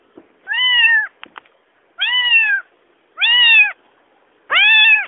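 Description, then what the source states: Cat meowing, four clear drawn-out meows about a second apart, each rising slightly then falling, with a few soft clicks between the first two. Small cat.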